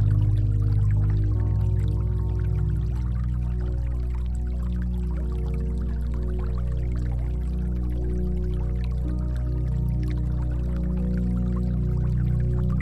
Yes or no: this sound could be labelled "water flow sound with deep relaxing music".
yes